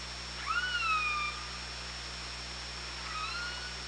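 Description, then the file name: Orca call, a rising then gently falling tonal cry about a second long, followed by a fainter similar call, over a steady electrical hum. Recorded by OrcaLab hydrophone on 24 August 2017 at 18:03. "Orca Lab UTLN JASON 20170824 180336"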